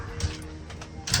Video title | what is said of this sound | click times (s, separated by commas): Kim's Van: Functional Walkthrough Sprinter 144 AWD | pull the bed out that locks in place | 1.1 s